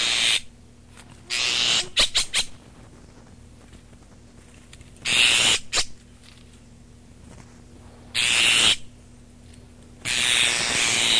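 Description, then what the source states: Azure tit giving long, broad hissing bursts, with a short cluster of rasping pulses early on and quiet gaps between the later hisses. Recorded 12 June 1992.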